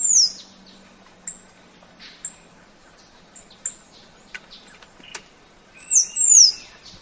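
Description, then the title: Half-collared sparrow singing very high, thin whistles that sweep downward, heard at the start and again near the end, with faint ticks and chips between. "LuckyPassaro Completos2Sama. Half-collared Sparrow (Arremon semitorquatus)"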